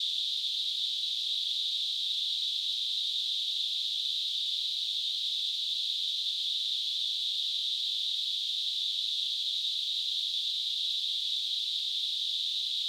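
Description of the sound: Simulated tinnitus: a steady, unbroken high-pitched hiss in a narrow band around 3 to 4 kHz, with no low-frequency content.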